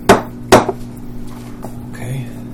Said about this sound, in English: Bisquick buttermilk biscuit mix. One, is that one? Yeah. Do you want me to pour it? You bang on that cup to get it down.